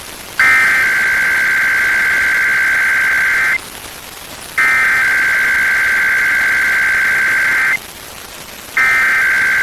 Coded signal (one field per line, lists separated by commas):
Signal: Emergency Alert System (SAME) tones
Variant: header bursts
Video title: IPAWS Weekly Test (3/14/22)(EAS 1129)